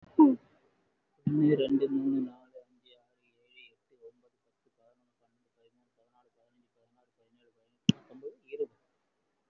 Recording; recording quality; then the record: counting at a fast pace; excellent, no background noise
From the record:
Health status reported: COVID-19 positive, no symptoms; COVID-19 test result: positive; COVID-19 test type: RT-PCR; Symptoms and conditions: breathing difficulty, diabetes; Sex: male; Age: 58 years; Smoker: no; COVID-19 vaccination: both doses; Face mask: worn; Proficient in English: yes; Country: India